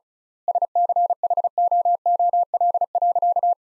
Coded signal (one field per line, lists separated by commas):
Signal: Morse code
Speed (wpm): 34 wpm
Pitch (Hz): 700 Hz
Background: none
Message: SCHOOL.